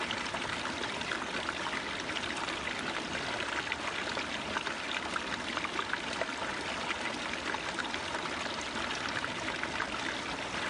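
Water runs steadily along a riverbank at dusk, a dense, unbroken rush. Quick bright trickles and small splashes flicker constantly through the hiss, over a soft low rumble, with no change in level across the recording.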